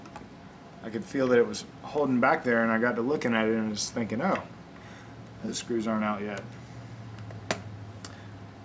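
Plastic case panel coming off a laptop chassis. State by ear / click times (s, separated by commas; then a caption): released / 7.5 s. Someone talks while working on a MacBook during a DVD drive replacement. After the remaining screws are taken out, a plastic case panel is pried off the laptop chassis. It pops free with a sharp snap at 7.5 seconds, with a few lighter clicks just before and after.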